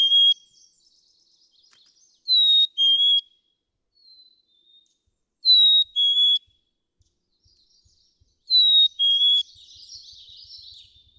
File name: Black-capped Chickadee